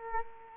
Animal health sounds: mosquito wingbeat signal from an infrared sensor; Culex quinquefasciatus

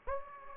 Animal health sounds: mosquito wingbeat signal from an infrared sensor; Aedes aegypti

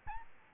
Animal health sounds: mosquito wingbeat signal from an infrared sensor; Aedes albopictus

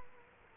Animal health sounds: mosquito wingbeat signal from an infrared sensor; Culex quinquefasciatus

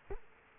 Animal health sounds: mosquito wingbeat signal from an infrared sensor; Culex quinquefasciatus

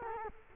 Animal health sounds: mosquito wingbeat signal from an infrared sensor; Culex quinquefasciatus

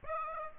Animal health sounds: mosquito wingbeat signal from an infrared sensor; Aedes aegypti

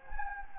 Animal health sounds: mosquito wingbeat signal from an infrared sensor; Anopheles gambiae

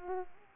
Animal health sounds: mosquito wingbeat signal from an infrared sensor; Culex pipiens

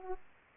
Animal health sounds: mosquito wingbeat signal from an infrared sensor; Aedes aegypti

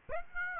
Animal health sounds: mosquito wingbeat signal from an infrared sensor; Aedes aegypti

